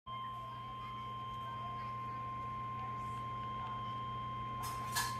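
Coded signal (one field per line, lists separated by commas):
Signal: Emergency Alert System (SAME) tones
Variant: 1050 Hz attention tone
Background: speech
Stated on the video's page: Flash Flood Warning recorded off-air.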